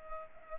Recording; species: mosquito wingbeat signal from an infrared sensor; Culex pipiens